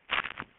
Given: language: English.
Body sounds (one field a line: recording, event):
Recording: throat vibration sensor signal played as sound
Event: swallow